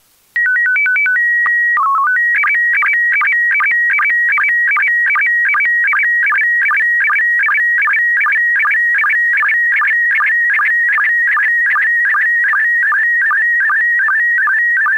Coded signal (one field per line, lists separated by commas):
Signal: SSTV (slow-scan television)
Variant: PD 50